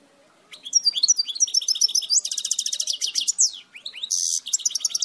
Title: Chant Chardonneret